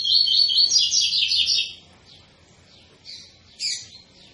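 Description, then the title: Double-collared seedeater song: a bright, rapid, high warble for over a second, followed by scattered fainter notes and one sharp, sliding call. Tui-tui song type from a 'fibra' bird; teacher song (canto professor) used for teaching young birds. "COLEIRO TUI TUI FIBRA CANTO PROFESSOR"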